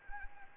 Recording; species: mosquito wingbeat signal from an infrared sensor; Anopheles arabiensis